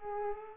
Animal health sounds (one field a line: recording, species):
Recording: mosquito wingbeat signal from an infrared sensor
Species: Culex pipiens